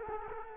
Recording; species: mosquito wingbeat signal from an infrared sensor; Culex quinquefasciatus